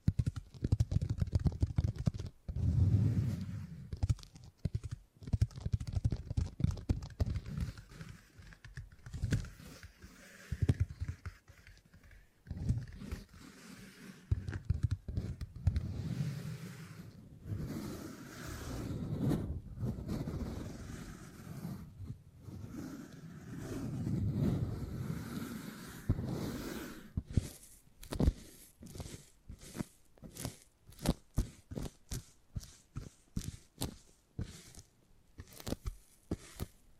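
Beeswax is handled and pressed, making soft, dense crackling and squishing sounds with a low, muffled body. The texture is continuous and busy for the first half, then breaks into sharper, separate taps and clicks repeating quickly toward the end.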